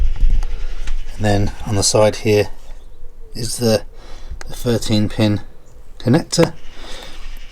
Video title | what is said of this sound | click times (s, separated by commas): Cleaning up the edges of the Polestar 2 Semi Electric Tow Bar | Just here, you pull it up, it clicks into place, | 0.4 s, 0.9 s